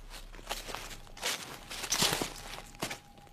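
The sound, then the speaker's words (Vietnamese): Soft, irregular footsteps crunch and rustle through dry leaves and undergrowth in the garden behind a house, next to a bedroom window, a handful of shuffling steps with a brushing, scratchy texture and no voices. “Bất giác, ông nghe có tiếng bước chân loạt soạt như có cái gì đó đang đi lại.”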